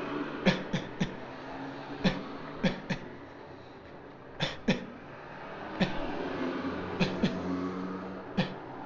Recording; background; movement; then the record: voluntary coughing; traffic; sitting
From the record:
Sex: male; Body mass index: 23.7 kg/m2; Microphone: on the chest, facing outward